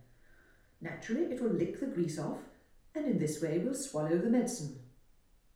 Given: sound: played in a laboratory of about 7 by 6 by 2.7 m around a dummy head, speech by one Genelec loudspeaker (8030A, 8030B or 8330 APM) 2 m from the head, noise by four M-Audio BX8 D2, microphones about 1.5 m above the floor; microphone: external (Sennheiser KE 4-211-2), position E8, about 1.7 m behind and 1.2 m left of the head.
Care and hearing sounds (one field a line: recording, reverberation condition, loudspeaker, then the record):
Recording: female speech in English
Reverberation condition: medium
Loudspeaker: 60 degrees to the left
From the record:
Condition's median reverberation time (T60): about 510 ms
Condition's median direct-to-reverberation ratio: about -0.5 dB